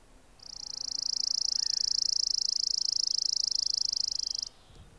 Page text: Richard E Webster - Малая воробьиная овсянка (Spizella passerina)